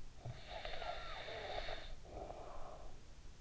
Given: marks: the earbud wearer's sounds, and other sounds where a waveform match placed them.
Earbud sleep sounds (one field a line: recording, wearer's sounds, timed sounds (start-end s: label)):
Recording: sounds in sleep by an in-ear microphone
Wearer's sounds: snoring breath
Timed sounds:
0.28-3.41 s: snoring breath